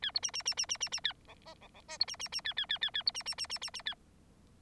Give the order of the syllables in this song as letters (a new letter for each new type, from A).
A B C C C C C C C A D E D D F B C C C A A A A A B C C C C C C A